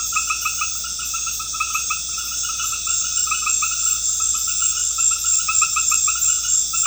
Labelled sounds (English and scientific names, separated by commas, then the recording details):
none
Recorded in pastures near Puerto Asís, Putumayo, Colombia, on 13 March 2025 at 20:00
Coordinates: 0.502, -76.324
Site GP07